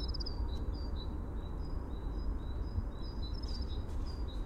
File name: Prunella modularis - Dunnock